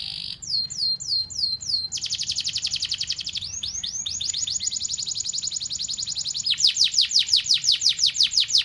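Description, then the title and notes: Canary song of rapid trills, runs of downward-sweeping notes repeated several times a second, shifting between phrases, with steady low background hum. Canary master (masteran) song, described as solid (mantap). "Suara Burung Kenari Masteran. master suara burung kenari mantap"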